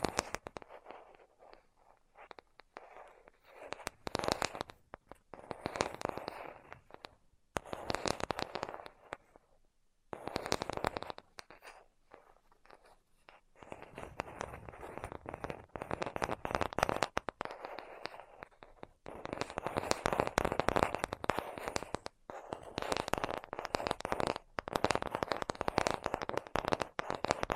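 Tapping with no talking, made of quick, dense bursts of crisp taps and scratchy clicks that come in clusters separated by short silences, notably a clear pause near ten seconds. The activity grows busier and louder after about fifteen seconds, with sharp individual hits throughout.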